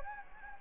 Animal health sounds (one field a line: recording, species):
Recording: mosquito wingbeat signal from an infrared sensor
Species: Anopheles gambiae